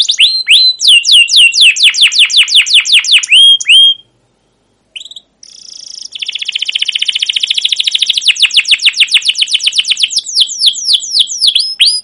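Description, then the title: Canary song with rapid descending chirps, a brief pause, then a long fast rolling trill and more chirp series. Canary song used as a lure (pancingan) to train other canaries to sing; described as gacor, long rolls with cuit cuit notes. "CUIT CUIT NGEROL LANGSUNG GACOR PANJANG Kenari Ini AMPUH Utk Pancingan KENAR. Masteran Suara Burung Kenari Gacor Panjang cuit cuit Ngerol untuk Pancingan Kenari!"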